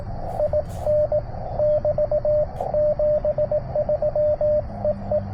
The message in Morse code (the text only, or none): IN <BT> 73 EE